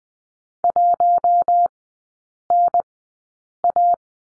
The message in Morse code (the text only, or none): 1NA